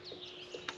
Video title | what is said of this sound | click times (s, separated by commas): Will it start? Parked for 15 years! Let's help a friend get his Jeep going! Will it drive? | it down make sure it clicks | 0.7 s